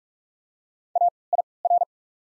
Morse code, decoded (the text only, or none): A I R